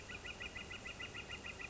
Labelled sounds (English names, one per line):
Northern Flicker